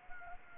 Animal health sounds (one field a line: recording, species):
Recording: mosquito wingbeat signal from an infrared sensor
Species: Anopheles gambiae